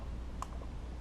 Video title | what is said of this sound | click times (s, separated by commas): How to replace GM 3800 V6 intake manifold gaskets -Part 4 | right we're going to snap that down in there | 0.4 s